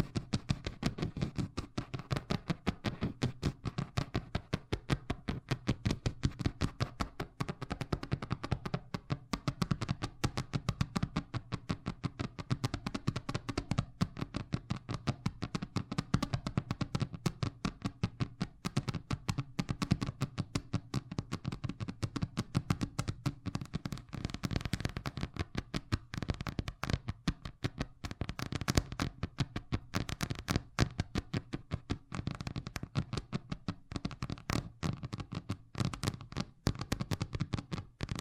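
Fast tapping runs without pause for the whole stretch, a dense, rapid patter of sharp clicks with no clear beat. Each tap has a crisp, bright attack over a fuller low thud, and the loudness stays level throughout, with only slight swells around the middle.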